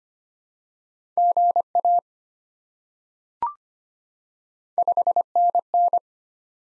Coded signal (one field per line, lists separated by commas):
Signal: Morse code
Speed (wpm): 25 wpm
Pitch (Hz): 700 Hz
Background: none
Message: GA 5NN